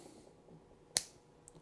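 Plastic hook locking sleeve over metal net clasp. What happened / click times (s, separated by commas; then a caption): The locking sleeve snapped over the clasp / 1.0 s. On a Lotus Emira rear luggage storage net, the plastic locking sleeve of the hook is pushed back over the metal net clasp, aligned to the arrow on the back of the hook. It snaps over with a single sharp, bright click at 0.97 s, followed by a faint tick near 1.5 s. The sleeve is seated, locking the plastic retainers against the back of the clasp so it cannot pull out.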